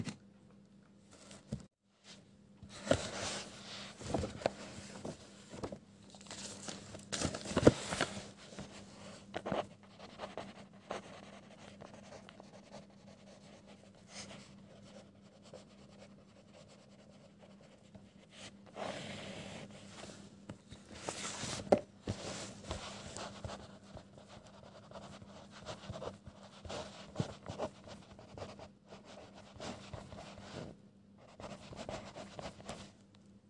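Pencil scribbling in bursts of short scratchy strokes, some brighter and louder, especially around 3 to 8 seconds and again near 20 to 22 seconds. Brief pauses separate the bursts, and a faint steady low hum runs underneath throughout.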